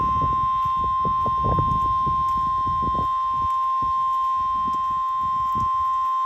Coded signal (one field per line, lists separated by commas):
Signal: Emergency Alert System (SAME) tones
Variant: 1050 Hz attention tone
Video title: severe storms produce 60 mph wind across southern wi - (eas alerts/storm footage from 6/3/2025)